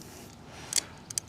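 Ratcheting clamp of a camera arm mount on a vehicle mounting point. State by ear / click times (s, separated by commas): seated / 0.8 s, 1.2 s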